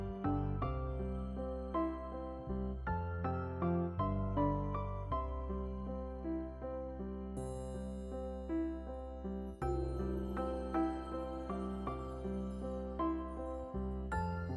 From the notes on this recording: the soothing sound of the downpour and the gentle melodies